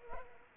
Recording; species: mosquito wingbeat signal from an infrared sensor; Culex pipiens